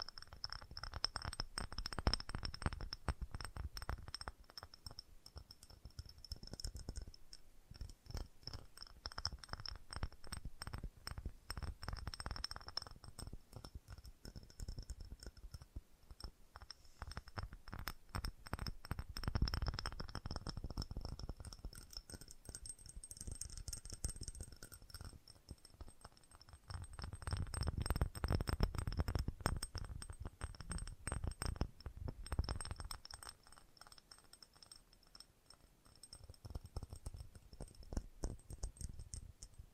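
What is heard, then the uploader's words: Fast tapping runs through the whole clip, a dense stream of quick, sharp taps with no real pauses. The level swells and fades in waves, quieter near the 35-second mark before picking up again. A faint, steady high whine sits underneath. FAST TAPPING (No Talking).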